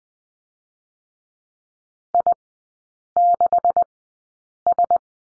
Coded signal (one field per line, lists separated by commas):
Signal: Morse code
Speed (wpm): 19 wpm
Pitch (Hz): 700 Hz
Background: none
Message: I6S